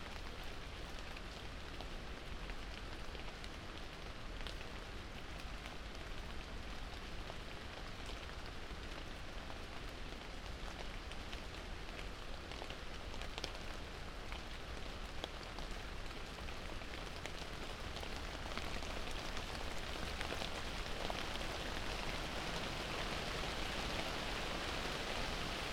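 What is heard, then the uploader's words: Rain falls in a steady, dense hiss that fills the whole clip without pause. Countless fine drops patter together, with a few brighter individual taps standing out now and then. The sound swells slightly louder and brighter in the last several seconds. Travel with the rain as it falls, on a wide open coastal landscape, a walled garden in London, and on high moorland woods in Derbyshire.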